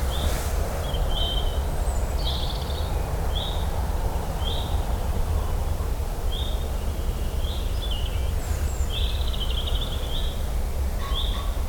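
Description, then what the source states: Bird calls, short high chirps and brief twittering phrases scattered throughout, over a constant heavy low rumble. Recorded in the Lake District.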